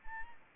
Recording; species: mosquito wingbeat signal from an infrared sensor; Anopheles arabiensis